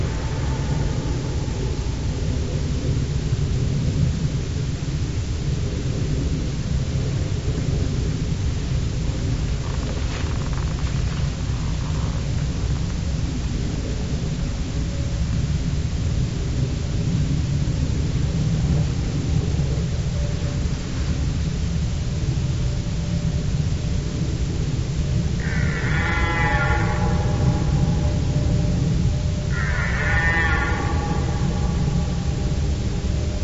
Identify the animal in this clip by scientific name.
Cervus elaphus